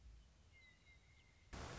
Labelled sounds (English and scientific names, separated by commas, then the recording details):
Western Meadowlark (Sturnella neglecta)
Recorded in Sonoma County, California